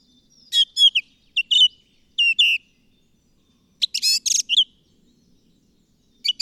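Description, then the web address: Bird singing varied short phrases: chirps, slurred whistles and a buzzy cluster of notes, with brief pauses between phrases. "madarak enek"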